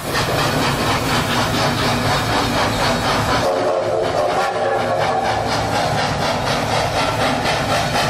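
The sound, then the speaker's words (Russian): An express mail train rushes by, a loud steady roar of rumbling wheels and hissing steam with a fast, regular clatter running through it. The tone shifts slightly midway as it continues. “Хотя, в сущности, курьерский поезд, что такое? Это почтовый поезд.”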